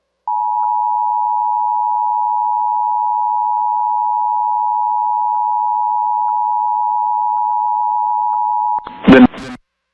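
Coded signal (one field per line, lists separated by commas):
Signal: Emergency Alert System (SAME) tones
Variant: 853 and 960 Hz attention tone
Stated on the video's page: EAS tones and messages sounding over live local TV tornado coverage.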